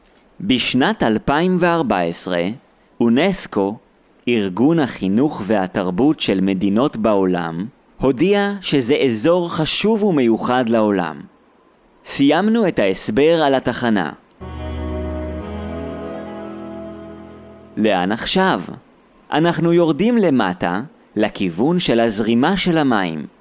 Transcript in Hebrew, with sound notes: בשנת 2014 אונסק"ו (ארגון החינוך והתרבות של מדינות בעולם) הודיע שזה איזור חשוב ומיוחד לעולם. סיימנו את ההסבר על התחנה. [אפקט צלצול נעים של פעמון] לאן עכשיו? אנחנו יורדים למטה לכיוון של הזרימה של המים.